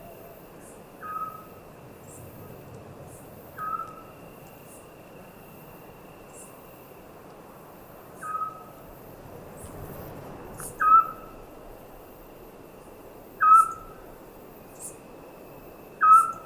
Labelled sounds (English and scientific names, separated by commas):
Eurasian Scops Owl (Otus scops)